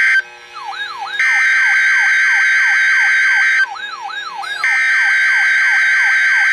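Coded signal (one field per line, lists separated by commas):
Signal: Emergency Alert System (SAME) tones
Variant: header bursts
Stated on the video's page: Severe thunderstorm watch from a Milwaukee weather radio station.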